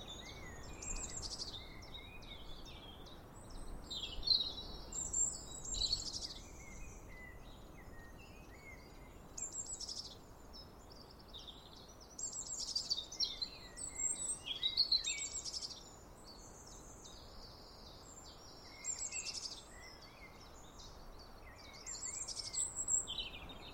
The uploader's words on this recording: Forest Birdsong Lullaby: Gentle Wind and Chirps. Friendly birds singing sweet songs and a gentle wind rustling through the trees.